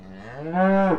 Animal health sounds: contact call of a hoofed animal; cattle; low-frequency (closed-mouth) or high-frequency (open-mouth) call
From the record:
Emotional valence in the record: positive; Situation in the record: physical reunion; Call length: 0.98 s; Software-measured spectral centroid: 980 Hz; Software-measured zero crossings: 1170 a second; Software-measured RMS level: -22 dBFS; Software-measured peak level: -9 dBFS

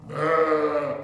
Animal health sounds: contact call of a hoofed animal; sheep; low-frequency (closed-mouth) or high-frequency (open-mouth) call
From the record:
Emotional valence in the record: negative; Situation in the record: short social isolation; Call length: 1.03 s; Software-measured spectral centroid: 1400 Hz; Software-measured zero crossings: 1430 a second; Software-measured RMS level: -23 dBFS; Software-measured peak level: -9 dBFS

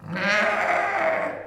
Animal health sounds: contact call of a hoofed animal; sheep; low-frequency (closed-mouth) or high-frequency (open-mouth) call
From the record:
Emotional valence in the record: negative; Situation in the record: short social isolation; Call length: 1.46 s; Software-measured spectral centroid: 1920 Hz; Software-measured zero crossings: 2280 a second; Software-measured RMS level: -24 dBFS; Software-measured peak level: -8 dBFS

